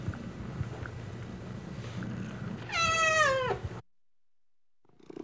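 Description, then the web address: Domestic cat giving one clear descending meow after a few seconds of quiet hum, followed by silence. Contented domestic cat purring and meowing while being petted. "cat purring and meowing animal purring contented animal x purring being petted anima"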